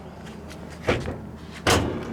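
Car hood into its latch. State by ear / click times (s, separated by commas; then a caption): not seated / none. The hood of a restored 1970 Challenger R/T muscle car is being lowered toward its steel hood latch. Two broadband handling thumps rise over a steady low hum at about 0.9 s and 1.7 s. The clip ends before the hood goes home, and nothing has seated or clicked yet.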